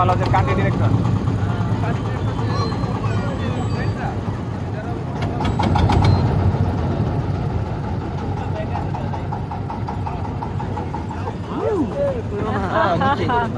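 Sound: boat engine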